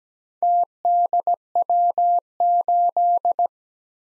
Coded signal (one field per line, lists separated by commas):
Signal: Morse code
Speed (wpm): 17 wpm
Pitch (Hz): 700 Hz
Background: none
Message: TDW8